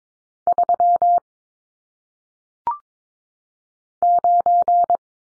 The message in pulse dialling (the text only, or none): none